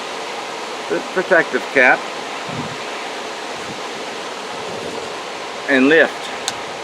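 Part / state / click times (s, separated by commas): flip cap on a water filter mouthpiece / released / 6.5 s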